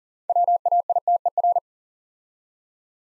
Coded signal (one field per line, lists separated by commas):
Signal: Morse code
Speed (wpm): 40 wpm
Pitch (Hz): 700 Hz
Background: none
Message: WAITER